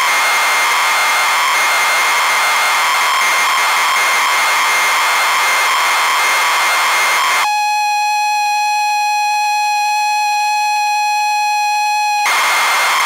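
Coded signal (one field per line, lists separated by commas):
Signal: ZX Spectrum tape loading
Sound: harsh buzzing data noise, then a steady pure lead tone, then noise again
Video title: zx spectrum loading sim city original from a cassette tape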